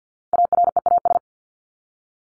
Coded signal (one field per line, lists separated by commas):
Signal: Morse code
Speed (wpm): 50 wpm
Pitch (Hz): 700 Hz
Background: none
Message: AREAS